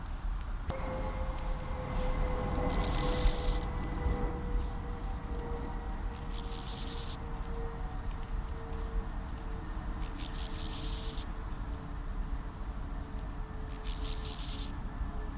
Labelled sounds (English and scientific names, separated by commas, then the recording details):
Steppe Grasshopper (Chorthippus dorsatus) stridulation
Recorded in the wild
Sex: male
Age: imago
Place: Summt, Brandenburg, DE
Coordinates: 52.682, 13.377
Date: 1996-10-19 12:47
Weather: sonnig, 11-12°C
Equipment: Sony MD-WM MZ-R3, Sennheiser MKH 416 T, Kopie Uher 4000 Report Monitor
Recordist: Tembrock, Günter
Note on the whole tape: Stridulation (bei extrem niedriger Lufttemperatur) auf Feuchtwiese